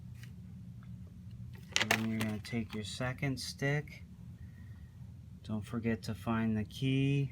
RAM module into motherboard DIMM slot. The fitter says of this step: down on each corner until it snaps and